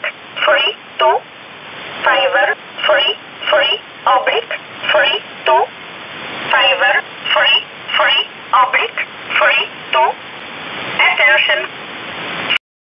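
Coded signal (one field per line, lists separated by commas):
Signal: numbers station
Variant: E11 Oblique, English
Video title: 26 06 2019 E11 Oblique Numbers station in English 0900 on 7439 unknown tx site in USB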